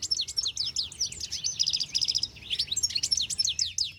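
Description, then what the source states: European goldfinch song: a lively, fast twittering string of high buzzy trills, chirps and whistled notes, tumbling on without pause. Song described as a twittering chatter: a string of calls, trills, whistles and high notes mixed without structure, lively and cheerful.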